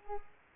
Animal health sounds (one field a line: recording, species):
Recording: mosquito wingbeat signal from an infrared sensor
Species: Culex pipiens